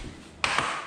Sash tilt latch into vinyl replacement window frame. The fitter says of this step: there you go let's listen for that click